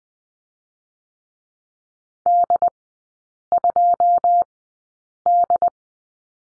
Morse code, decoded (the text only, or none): D 2 D